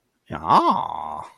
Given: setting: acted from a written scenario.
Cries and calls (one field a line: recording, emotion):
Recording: vocal sound without words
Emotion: interest